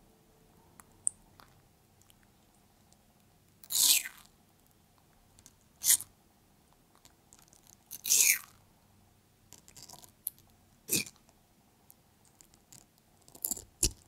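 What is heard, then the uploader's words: A pet tortoise eats watermelon in irregular wet crunching bites, about every two seconds, with bursts near 4, 6, 8 and 11 seconds and quiet between. PET TORTOISE EATING CORONAVIRUS WATERMELON.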